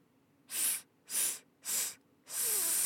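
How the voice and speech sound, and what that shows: Four separate hissing /s/-type sounds, each about a third of a second, with the last held longer. The hiss is diffuse and slushy rather than crisp. This is a lateral lisp: air escapes over the sides of the tongue instead of down the center.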